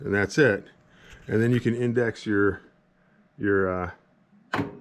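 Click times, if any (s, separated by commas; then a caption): 4.5 s. Someone talks while twisting the turret head of an Area 419 Zero single stage turret reloading press to index it to the next station. A single sharp metallic snap is heard at 4.5 seconds as the turret head engages the frame detent and seats positively in its index position.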